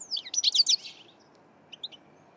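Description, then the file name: European goldfinch calls, a quick burst of high, tinkling twittered notes, followed after a pause by a few softer chirps. "Carduelis carduelis"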